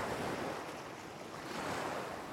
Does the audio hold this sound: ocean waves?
yes